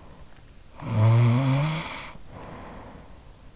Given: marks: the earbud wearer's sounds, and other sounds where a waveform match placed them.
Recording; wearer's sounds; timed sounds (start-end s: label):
sounds in sleep by an in-ear microphone; snoring breath
0.24-3.27 s: snoring breath